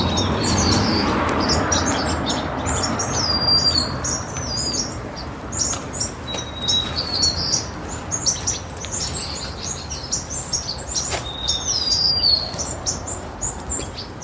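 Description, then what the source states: White-crowned and golden-crowned sparrows chirping constantly in a flock, with scattered thin whistled notes that fall in pitch. White-crowned and golden-crowned sparrows chirping and singing together at a large communal winter roost in California.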